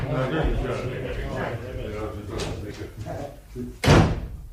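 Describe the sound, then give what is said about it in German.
Several people noisily leave a district court, with several seconds of murmured talking and shuffling movement, then slam the door shut with one loud, sharp bang. “Sie polterten hinaus, schmissen die Türe zu und gingen ins nächste Wirtshaus”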